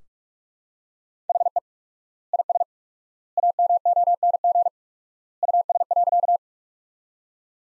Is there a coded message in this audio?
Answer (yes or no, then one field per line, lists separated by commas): yes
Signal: Morse code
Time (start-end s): 1.3-6.4 s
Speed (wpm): 46 wpm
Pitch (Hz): 700 Hz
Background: none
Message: HE IS AMONG US.